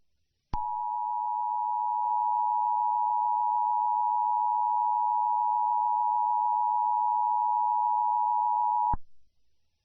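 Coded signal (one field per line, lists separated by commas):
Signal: Emergency Alert System (SAME) tones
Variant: 853 and 960 Hz attention tone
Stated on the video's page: Fanmade fictional Backrooms EAS alert, not real.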